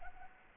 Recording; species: mosquito wingbeat signal from an infrared sensor; Anopheles arabiensis